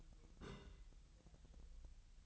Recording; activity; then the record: daily activity, microphone in the room; place on stove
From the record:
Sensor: 3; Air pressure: 1002.0 hPa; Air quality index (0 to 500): 248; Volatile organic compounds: 51 ppm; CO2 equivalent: 3303 ppm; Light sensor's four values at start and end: 6/15/6/6 and 6/15/6/6